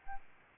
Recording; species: mosquito wingbeat signal from an infrared sensor; Aedes albopictus